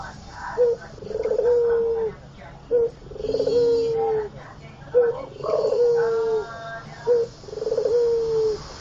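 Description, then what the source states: Barbary dove in a steady cooing series: a short note, then a long, trilled coo that slides slightly lower. The pair repeats four times at an even pace. White Barbary dove; training recording (masteran) made for teaching songbirds.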